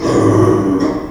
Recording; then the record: squeal of a Yucatan mini pig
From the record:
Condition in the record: before surgery on the right vocal fold (resection and tissue-engineered implant); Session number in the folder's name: 1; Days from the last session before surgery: -3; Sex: male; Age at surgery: 12 weeks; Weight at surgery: 13 kg